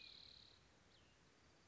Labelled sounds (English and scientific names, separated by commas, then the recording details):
Cassin's Vireo (Vireo cassinii)
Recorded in Sonoma County, California